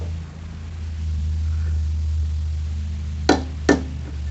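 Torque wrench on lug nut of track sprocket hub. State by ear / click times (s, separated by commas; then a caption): torque reached / 3.3 s, 3.7 s. A torque wrench set to 105 tightens a lug nut on the track sprocket hub of a Vermeer CTX-160 mini skid steer that is getting its tracks replaced after 347 hours of use. Over a steady low hum, the wrench gives two sharp clicks at 3.3 and 3.7 seconds, showing the set torque has been reached.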